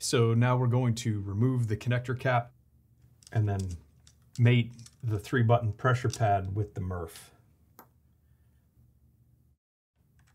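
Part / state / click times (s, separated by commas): pressure pad cable connector into laser rangefinder port / not seated / none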